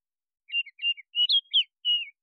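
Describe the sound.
Baltimore oriole giving a short phrase of several clear, rich whistled notes, some slurred up and down, lasting about a second and a half, with no other sounds.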